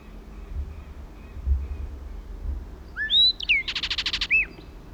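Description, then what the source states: Blackbird song: a few clear whistled, slurred notes followed by a rapid buzzy rattle and a last slurred note, with faint low background rumble. A second blackbird joined the first.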